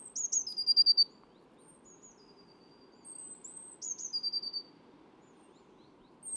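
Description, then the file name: Eurasian blue tit song: two phrases of high piercing notes sliding into a lower, rapid trill, a few seconds apart, with a low rumbling background. "Cyanistes caeruleus"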